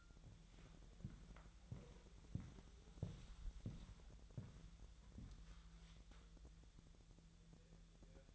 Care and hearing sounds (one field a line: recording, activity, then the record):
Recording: daily activity, microphone in the room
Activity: walk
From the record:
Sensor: 3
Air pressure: 1002.0 hPa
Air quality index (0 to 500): 243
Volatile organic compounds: 113 ppm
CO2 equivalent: 3836 ppm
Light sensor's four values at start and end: 9/20/8/9 and 8/20/8/9